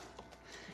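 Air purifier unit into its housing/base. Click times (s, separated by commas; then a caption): 0.2 s. A Wellis air purifier unit, taken out of its styrofoam sleeve, is pressed into its plastic housing or base. A single short, quiet click sounds at 0.19 s over a low background hiss. The unit snaps into place and is seated.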